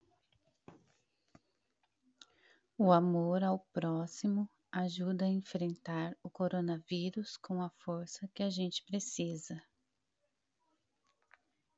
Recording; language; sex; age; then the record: spoken sentence; Brazilian Portuguese; female; 30 to 39 years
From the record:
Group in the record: control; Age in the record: 34 years